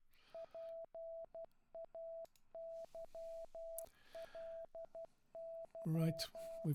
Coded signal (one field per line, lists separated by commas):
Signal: Morse code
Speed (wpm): 12 wpm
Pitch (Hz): 660 Hz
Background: speech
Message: PAYLY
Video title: morsecode trainer